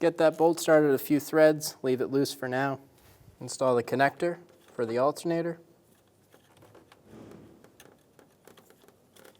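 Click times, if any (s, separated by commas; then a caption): none. Someone talks, then faint rustling and small handling ticks follow as the plastic wiring harness connector is brought to the alternator socket on a 2010-2015 Lexus RX350. The connector has not seated or clicked in yet.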